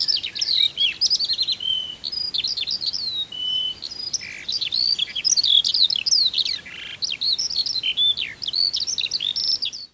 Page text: Põldlõoke